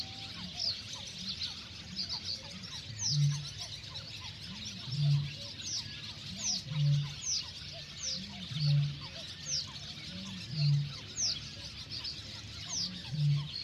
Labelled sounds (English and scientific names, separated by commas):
Barn Swallow (Hirundo rustica) call